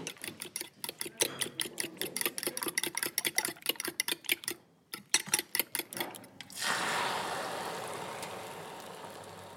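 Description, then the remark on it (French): Crisp crunching of a petit beurre butter biscuit, bitten by a child at snack time: a fast, steady run of sharp crackly snaps, a short pause, then a continuous rough rustling hiss to the end. No one speaks. “Fais un peu, croque un peu dans ton biscuit qu'on enregistre le bruit.”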